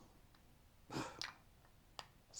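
A cap is fitted back onto a perfume bottle, making a soft broadband rustle near 1.0 s, then brief contact taps at about 1.2 s and 2.0 s and a short burst at the end. These are only contact sounds: the cap does not click into place, and the fit is terrible. Nothing has seated or clicked yet.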